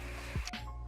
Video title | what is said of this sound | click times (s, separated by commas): My very first gaming Pc.. | You should hear a click when it gets in there completely. | 0.5 s